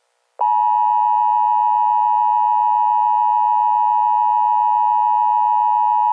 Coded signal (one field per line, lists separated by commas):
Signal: Emergency Alert System (SAME) tones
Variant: 853 and 960 Hz attention tone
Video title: EAS scenario #3 jimi.exe